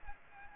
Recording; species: mosquito wingbeat signal from an infrared sensor; Aedes aegypti